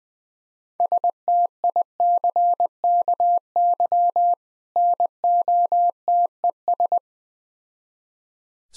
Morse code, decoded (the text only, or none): STICKY NOTES